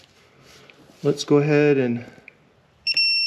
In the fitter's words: all right you can hear it click